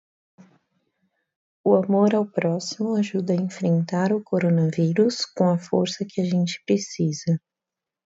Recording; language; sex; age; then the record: spoken sentence; Brazilian Portuguese; female; 20 to 29 years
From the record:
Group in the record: control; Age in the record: 27 years